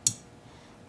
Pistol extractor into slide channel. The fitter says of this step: then it kind of snaps into place